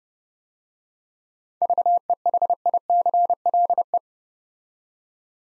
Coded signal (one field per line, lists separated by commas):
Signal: Morse code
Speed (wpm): 30 wpm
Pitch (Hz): 700 Hz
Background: none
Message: VEHICLE